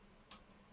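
A plastic LEGO brick is pressed onto another brick and seats with a single sharp, bright click at 0.3 s. The click stands out from a steady low hum and faint background noise.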